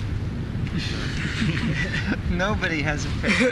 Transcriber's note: laughter